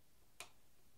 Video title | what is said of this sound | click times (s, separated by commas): Fleck 7000SXT Bypass Valve and Plumbing Connectors | make sure it goes all the way in with an audible click and you know that you've got that seated properly | 0.4 s